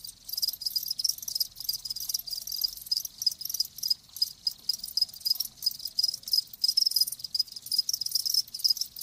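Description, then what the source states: Crickets give rapid high-pitched chirps in a steady overlapping chorus, rising and falling slightly in intensity. Live crickets chirping in a lulling song.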